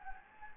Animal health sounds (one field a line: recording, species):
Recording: mosquito wingbeat signal from an infrared sensor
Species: Anopheles gambiae